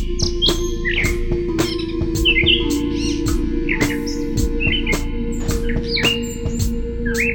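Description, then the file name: Bird chirping, brief sweeping tweets scattered throughout over constant low humming and repeated loud clicking sounds. "speck - Birdsong"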